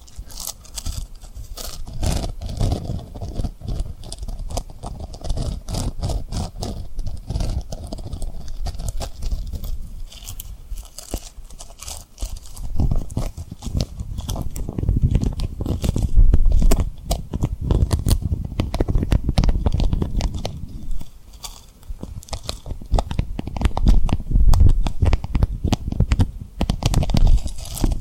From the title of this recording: Tapping & Rubbing Rhinestone Lip Triggers